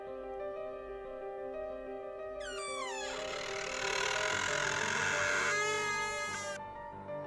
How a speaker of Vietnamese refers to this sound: Bỗng nhìn nắm đấm chuyển động, cánh cửa phòng bật mở, tiếng bản lề lâu ngày khô dầu, cọt kẹt. Cọt kẹt rin rít vang lên.